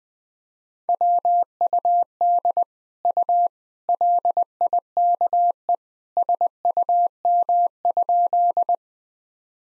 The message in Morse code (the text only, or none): WUD U LIKE SUM?